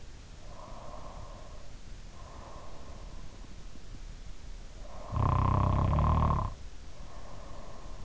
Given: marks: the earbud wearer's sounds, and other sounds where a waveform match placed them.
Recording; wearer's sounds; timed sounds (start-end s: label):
sounds in sleep by an in-ear microphone; breath, snoring breath
0.14-2.93 s: breath
4.66-8.05 s: snoring breath